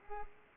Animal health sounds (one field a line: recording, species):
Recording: mosquito wingbeat signal from an infrared sensor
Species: Culex pipiens